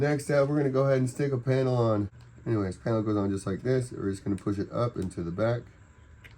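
A plastic body panel is being handled for fitting into the back of an RC crawler kit's body. Someone talks throughout, with quiet handling noise in the pauses. Nothing has seated or clicked yet.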